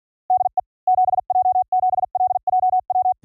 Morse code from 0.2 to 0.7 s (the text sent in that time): DE